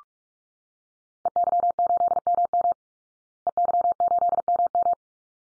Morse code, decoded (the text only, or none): EY8MM EY8MM